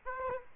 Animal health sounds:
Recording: mosquito wingbeat signal from an infrared sensor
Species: Aedes aegypti

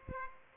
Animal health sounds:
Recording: mosquito wingbeat signal from an infrared sensor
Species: Aedes aegypti

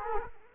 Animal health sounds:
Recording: mosquito wingbeat signal from an infrared sensor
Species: Culex quinquefasciatus

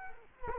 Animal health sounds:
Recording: mosquito wingbeat signal from an infrared sensor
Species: Culex quinquefasciatus

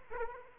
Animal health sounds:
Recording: mosquito wingbeat signal from an infrared sensor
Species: Aedes aegypti

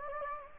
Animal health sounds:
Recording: mosquito wingbeat signal from an infrared sensor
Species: Anopheles gambiae

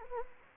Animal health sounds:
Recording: mosquito wingbeat signal from an infrared sensor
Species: Anopheles gambiae

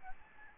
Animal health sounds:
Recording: mosquito wingbeat signal from an infrared sensor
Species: Aedes albopictus

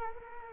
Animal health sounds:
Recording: mosquito wingbeat signal from an infrared sensor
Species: Culex quinquefasciatus

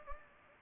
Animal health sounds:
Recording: mosquito wingbeat signal from an infrared sensor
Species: Anopheles gambiae

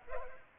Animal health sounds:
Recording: mosquito wingbeat signal from an infrared sensor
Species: Culex pipiens

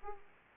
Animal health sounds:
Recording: mosquito wingbeat signal from an infrared sensor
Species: Aedes aegypti

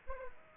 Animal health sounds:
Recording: mosquito wingbeat signal from an infrared sensor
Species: Aedes aegypti

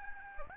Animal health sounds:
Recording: mosquito wingbeat signal from an infrared sensor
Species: Aedes albopictus

